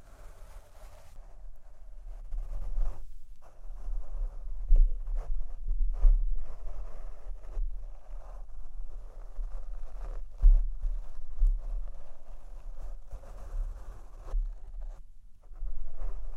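Mic brushing and tapping: a continuous low rustling scrape with soft thumps near five, ten and eleven seconds, quieter at the start.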